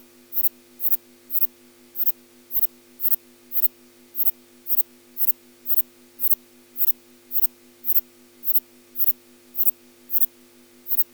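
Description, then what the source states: Insect calling song: sharp, dry ticking pulses repeated steadily about twice a second, over a faint low steady hum. Male insect giving a slow calling song.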